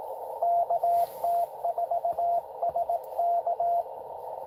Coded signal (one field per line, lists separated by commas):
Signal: Morse code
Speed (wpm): 20 wpm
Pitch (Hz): 690 Hz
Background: radio noise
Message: KT4SK